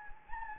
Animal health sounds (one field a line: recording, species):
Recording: mosquito wingbeat signal from an infrared sensor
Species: Anopheles gambiae